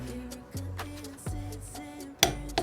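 A lug nut on a 2012 Honda Civic EX wheel is tightened with a 1/2 inch click-type torque wrench set to 80 ft-lb. Faint ratcheting ticks play over a steady low tonal hum, then the wrench gives a sharp, loud click at 2.2 s, with a softer click following near 2.6 s. The wrench clicks at its setting, showing the nut is torqued.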